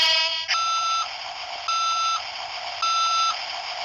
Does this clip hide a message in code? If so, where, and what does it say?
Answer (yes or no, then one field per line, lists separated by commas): no